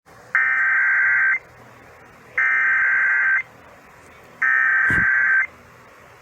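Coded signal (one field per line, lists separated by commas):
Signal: Emergency Alert System (SAME) tones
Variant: header bursts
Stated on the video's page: Tornado Warning activation from an AM station heard via its FM HD Radio HD2 simulcast, recorded with a phone camera; live alert.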